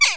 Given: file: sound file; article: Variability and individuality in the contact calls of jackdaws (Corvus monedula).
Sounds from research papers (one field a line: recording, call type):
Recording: jackdaw call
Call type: harmonic